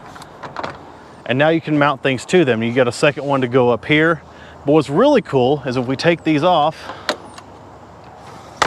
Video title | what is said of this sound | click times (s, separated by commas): Rivian R1T Full Review. This May Just Be the Coolest Electric Pickup | So you see it just pops right into these places on the bed sides. | 0.6 s